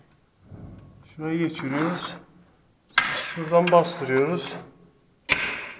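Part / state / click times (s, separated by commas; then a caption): roller blind headrail into mounting bracket / seated / 5.3 s. A roller blind's headrail is pressed into its mounting bracket while someone talks. A single sharp click is heard at 5.3 s as the headrail snaps into the bracket and the blind is seated in place.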